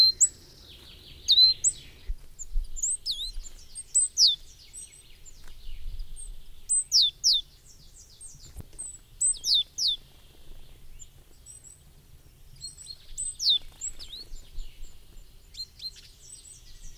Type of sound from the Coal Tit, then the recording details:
song. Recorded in the wild. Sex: male. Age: adult. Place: Röttenbach, Bayern, DE. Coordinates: 49.665, 10.9544. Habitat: pond. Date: 1963-06-25. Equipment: Vollspur. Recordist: Tretzel, Erwin